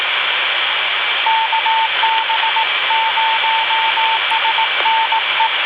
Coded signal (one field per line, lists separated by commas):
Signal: Morse code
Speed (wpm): 17 wpm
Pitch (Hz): 900 Hz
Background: radio noise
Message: KB0SNE